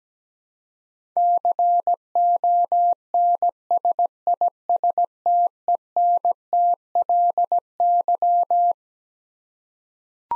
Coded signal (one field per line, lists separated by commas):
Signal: Morse code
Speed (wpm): 17 wpm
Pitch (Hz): 700 Hz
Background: none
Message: CONSISTENTLY